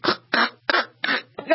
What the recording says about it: If your man is next to you and he sounds like this when he sleeps. When he sounds like that, there's something wrong. You probably have sleep apnea.